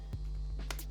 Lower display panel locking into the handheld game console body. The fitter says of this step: ปึ๊บเข้าล็อคแบบนี้ก็จะกลายเป็นเครื่องเกมDualScreenทันทีก็